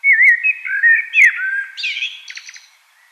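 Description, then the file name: Common blackbird song: a mellow, fluting warble around mid pitch that breaks into a higher, squeaky twittering flourish before fading. "Turdus merula"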